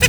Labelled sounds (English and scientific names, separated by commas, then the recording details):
Zebra Finch (Taeniopygia guttata) hat call
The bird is a female
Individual fem2